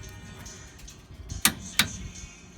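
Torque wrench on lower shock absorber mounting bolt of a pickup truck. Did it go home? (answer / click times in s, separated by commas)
yes / 1.5 s, 1.8 s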